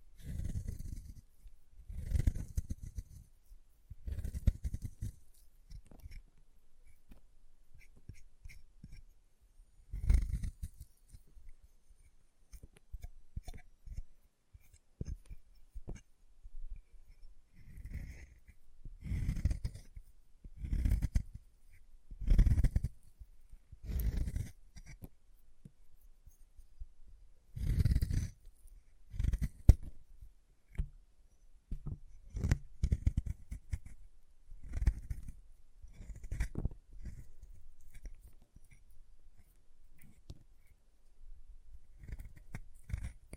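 Chalk being carved and cut in short, uneven scraping strokes with dull low thuds, roughly one every second or two, separated by brief quiet pauses.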